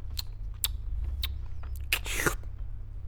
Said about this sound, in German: Du musst jetzt antworten und nicht nur schlürfen.